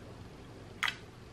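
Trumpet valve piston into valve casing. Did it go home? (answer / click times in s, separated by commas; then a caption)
yes / 0.8 s. A metal trumpet valve piston is inserted into its valve casing, small end to the small hole, and turned until its guide drops into the slot. Over a low, steady background, a single sharp, bright click sounds at 0.8 s. The piston is properly seated and clipped in place.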